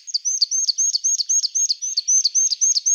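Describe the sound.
Marsh tit calling in a fast even series of high sharp notes, about four per second, throughout.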